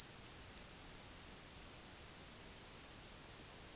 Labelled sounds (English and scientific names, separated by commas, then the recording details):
none
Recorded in pastures near Puerto Asís, Putumayo, Colombia, on 22 June 2025 at 15:30
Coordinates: 0.466, -76.322
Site GP07